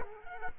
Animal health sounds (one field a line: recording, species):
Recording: mosquito wingbeat signal from an infrared sensor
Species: Culex quinquefasciatus